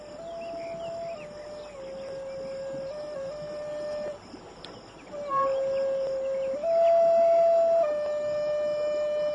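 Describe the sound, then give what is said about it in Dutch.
A small hand-carved flute plays a slow, mournful tune of long, steady held notes that step up and down in pitch, over a constant hissing background with no talking. “mooi fluitje heb je gesneden. Klinkt mooi. Alleen een beetje droevig.”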